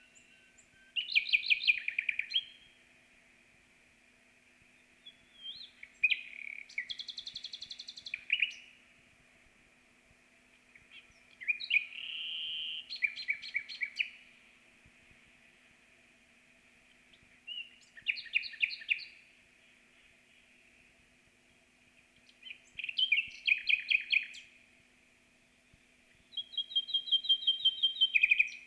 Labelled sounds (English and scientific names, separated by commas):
Common Nightingale (Luscinia megarhynchos) song